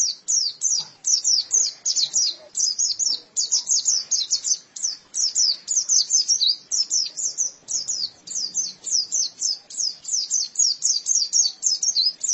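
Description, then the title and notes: White-eye song: quick high chirping notes in rapid rhythmic bursts, continuing steadily for the whole stretch. "Suara kicauan burung pleci"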